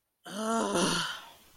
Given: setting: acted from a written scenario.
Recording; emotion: vocal sound without words; anger